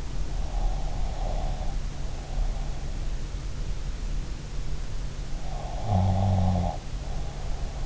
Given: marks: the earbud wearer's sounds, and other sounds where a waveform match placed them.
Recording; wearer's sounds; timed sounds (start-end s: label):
sounds in sleep by an in-ear microphone; breath, snoring breath
0.27-2.75 s: breath
5.82-7.86 s: snoring breath